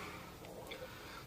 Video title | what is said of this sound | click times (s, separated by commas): AirSource Cleaning & Lamp Solutions | so the European one also just snaps right in there so now it works for | 0.7 s